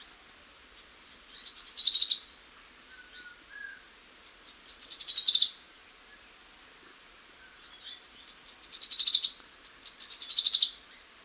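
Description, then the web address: Black-crested warbler song repeated four times, each a quick series of high notes accelerating into a dense descending trill, with short pauses between songs. Recorded in Ecuador. "Birds of Ecuador. Black-crested Warbler"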